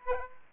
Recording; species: mosquito wingbeat signal from an infrared sensor; Aedes aegypti